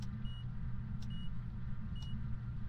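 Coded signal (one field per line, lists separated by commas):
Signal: none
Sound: game sound effect beeps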